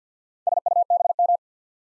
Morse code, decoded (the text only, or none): SUBM